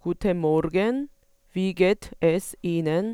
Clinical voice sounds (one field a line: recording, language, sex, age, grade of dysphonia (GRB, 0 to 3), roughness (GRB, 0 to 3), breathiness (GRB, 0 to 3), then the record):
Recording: spoken sentence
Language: German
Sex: female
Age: 30 to 39 years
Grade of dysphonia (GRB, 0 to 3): 0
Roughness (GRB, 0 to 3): 0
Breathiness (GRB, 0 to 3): 0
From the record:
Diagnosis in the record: healthy voice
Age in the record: 30 years